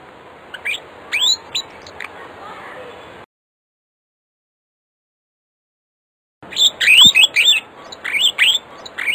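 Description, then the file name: Starling song: sharp, rising whistled notes, quiet at first, then after a silent gap a louder quick series of upward-sweeping whistles. "suara kicauan jalak afrika. omkicau"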